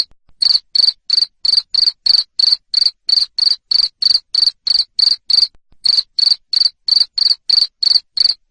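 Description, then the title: Cricket: steady series of sharp, high cricket chirps, nearly three a second, with one short interruption late in the sequence. Loud cricket chirping played to stimulate lovebirds to keep singing (ngekek). "Suara JANGKRIK NGERIK Keras Bikin LOVEBIRD Jadi NGEKEK Terus Vubey"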